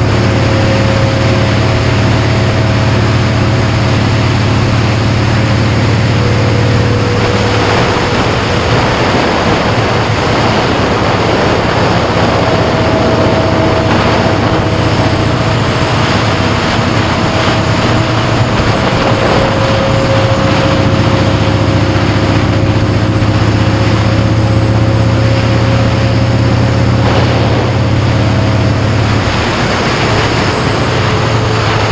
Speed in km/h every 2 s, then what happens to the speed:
74, 74, 79, 71, 68, 61, 63, 56, 50, 50, 52, 55, 58, 60, 50, 32.
4-17 slows to 50. 17-27 speeds up to 60. 27-32 brakes to 32.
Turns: none.